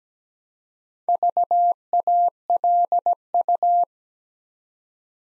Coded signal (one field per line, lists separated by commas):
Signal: Morse code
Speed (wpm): 17 wpm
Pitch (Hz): 700 Hz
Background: none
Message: VALU